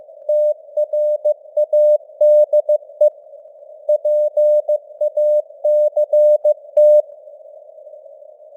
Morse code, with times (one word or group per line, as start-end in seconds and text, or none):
0.3-3.1 TRADE
3.9-7.0 PACT